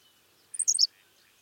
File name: Ammodramus henslowii - Henslow's Sparrow